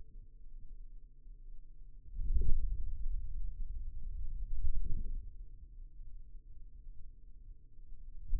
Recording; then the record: forearm muscle sounds (acoustic myography)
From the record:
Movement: hand closing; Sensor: system 2, bracelet of six BSWA MPA416 microphones around the upper forearm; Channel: 4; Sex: male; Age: 22 years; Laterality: right